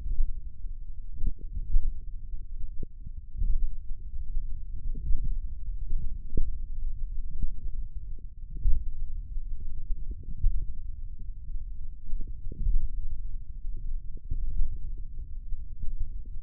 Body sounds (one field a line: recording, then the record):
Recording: forearm muscle sounds (acoustic myography)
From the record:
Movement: finger pinch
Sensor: system 1, eight BSWA MPA416 microphones around the upper forearm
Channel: 5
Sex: male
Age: 28 years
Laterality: right